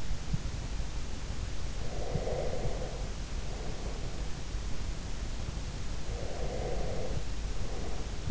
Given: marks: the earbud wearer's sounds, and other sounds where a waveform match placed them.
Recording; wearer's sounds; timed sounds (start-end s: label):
sounds in sleep by an in-ear microphone; breath
1.94-4.15 s: breath
6.20-8.31 s: breath